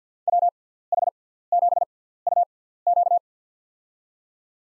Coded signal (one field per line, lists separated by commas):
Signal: Morse code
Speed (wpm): 50 wpm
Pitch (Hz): 700 Hz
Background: none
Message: WH7UQ